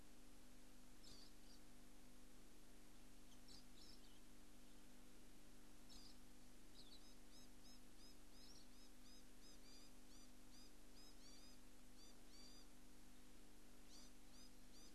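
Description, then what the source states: Scaly-breasted lorikeet calls: scattered shrill notes at first, then a fast, regular run of sharp chirps, with a constant low droning hum behind. Recorded at Pikedale.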